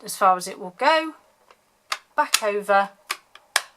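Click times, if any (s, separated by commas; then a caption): 3.6 s. Someone talks while a plastic lid is slid back over an ink pad's case, with a few short taps and clicks along the way. The lid snaps shut into place at 3.6 s with a sharp click, seated and closed so it does not leak.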